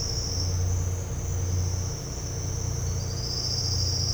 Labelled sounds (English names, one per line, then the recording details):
none
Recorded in dense forest near Puerto Asís, Putumayo, Colombia, on 13 March 2025 at 09:00
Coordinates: 0.468, -76.322
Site GP01